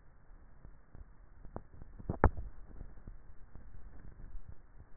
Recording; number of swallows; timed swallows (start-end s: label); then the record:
swallowing sounds by neck microphone; 2
2.15-3.53 s: swallow
3.65-4.88 s: swallow
From the record:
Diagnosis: dysphagia